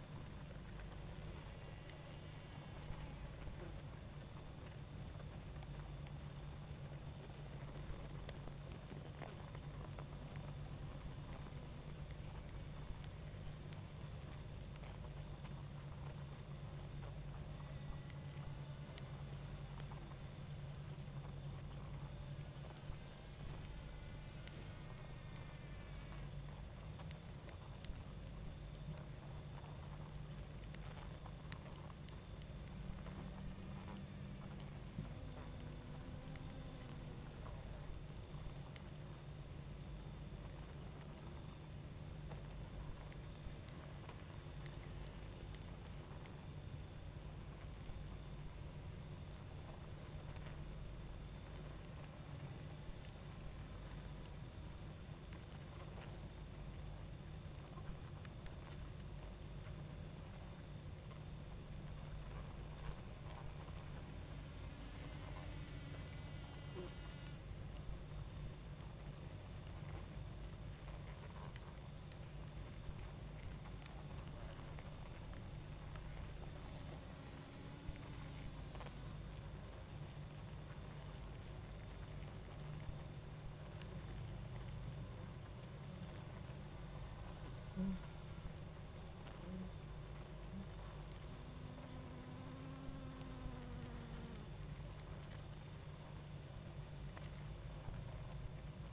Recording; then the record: honeybee colony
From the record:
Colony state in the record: active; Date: 28 July 2017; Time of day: 21:35